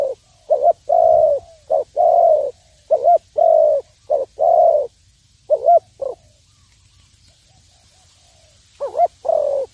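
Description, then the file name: Spotted dove uttering soft low coos in quick short and long notes, then a silent stretch before a final pair of coos. "tieng cu dat gay"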